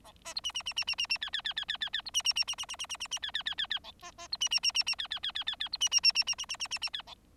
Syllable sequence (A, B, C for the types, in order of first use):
A B C D D D D D D D E E E E E E E C D D D D D D D D D D E E E E E A B B C D D D D D E E E E E E C D D D D D D D D D D E A